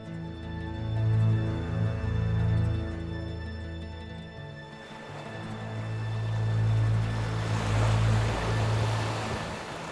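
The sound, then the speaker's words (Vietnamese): Ocean waves wash and surge around a lone small boat drifting on the open sea at sunset, a steady low rumble with a rushing swell that builds and recedes twice, while a faint steady hum runs underneath. “Buổi chiều tà, một chiếc thuyền nhỏ lên đên giữa biển.”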